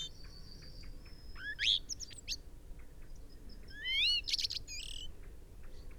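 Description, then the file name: Common blackbird, a few rising whistled notes and a quick series of wavering high trills, loosely spaced, against low background noise. "Turdus merula"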